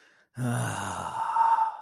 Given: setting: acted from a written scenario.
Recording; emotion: vocal sound without words; ecstasy